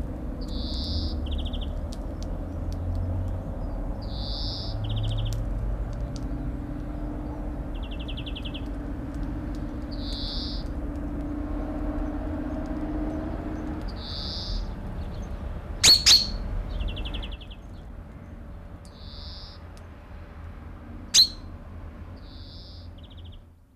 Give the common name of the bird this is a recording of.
European Greenfinch